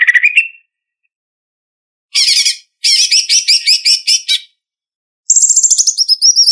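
Greater green leafbird singing varied phrases: a rising whistle, then fast looping chirps repeated in series, ending in a high sliding trill, with silent gaps between.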